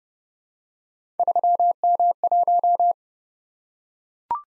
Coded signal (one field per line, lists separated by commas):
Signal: Morse code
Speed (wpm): 28 wpm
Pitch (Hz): 700 Hz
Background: none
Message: 3M1